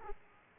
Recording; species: mosquito wingbeat signal from an infrared sensor; Aedes aegypti